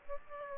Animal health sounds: mosquito wingbeat signal from an infrared sensor; Aedes aegypti

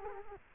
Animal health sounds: mosquito wingbeat signal from an infrared sensor; Culex quinquefasciatus

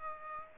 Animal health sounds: mosquito wingbeat signal from an infrared sensor; Aedes aegypti

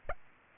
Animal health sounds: mosquito wingbeat signal from an infrared sensor; Aedes aegypti

